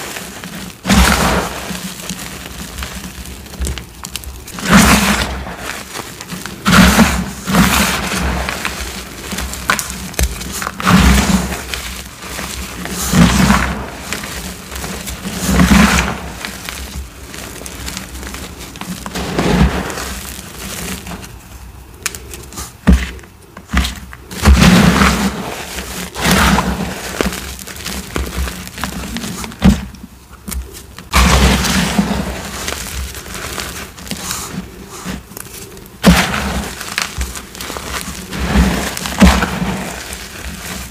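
Crushing of dyed cubes, chalk bombs and cornstarch crunchies, with bursts of gritty crunching and crumbling that come every few seconds through the whole clip. Each crush is a short rough crackle, some sharper snaps stand out, and a low steady hum runs underneath.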